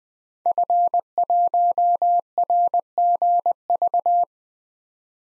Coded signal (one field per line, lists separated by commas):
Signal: Morse code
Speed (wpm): 20 wpm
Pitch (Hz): 700 Hz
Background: none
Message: F1RGV